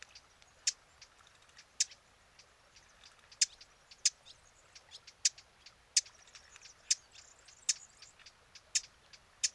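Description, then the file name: Eurasian blackcap calling with a run of hard, stony tacks, irregularly spaced, some notes louder than others. "Sylvia atricapilla"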